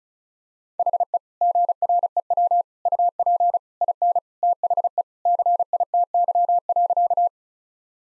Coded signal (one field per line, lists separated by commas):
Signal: Morse code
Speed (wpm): 36 wpm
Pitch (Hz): 700 Hz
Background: none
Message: HE GREW UP IN THE CITY.